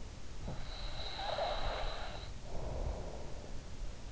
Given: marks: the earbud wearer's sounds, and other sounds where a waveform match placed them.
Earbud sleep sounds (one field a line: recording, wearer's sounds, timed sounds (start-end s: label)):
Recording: sounds in sleep by an in-ear microphone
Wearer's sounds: snoring breath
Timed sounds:
0.52-3.50 s: snoring breath